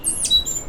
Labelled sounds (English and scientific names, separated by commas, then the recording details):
Stitchbird (Notiomystis cincta) song
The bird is a male
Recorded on Tiritiri Matangi Island, New Zealand, in 2005
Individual 1, of nest box 1